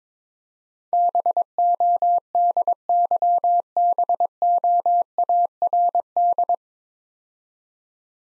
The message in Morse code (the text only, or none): BODYBOARD